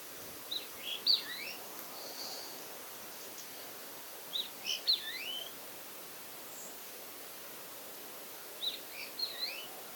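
Wallcreeper calls: three short bursts of thin, high twittering whistles, rising and falling, spaced about four seconds apart over steady hissing background noise.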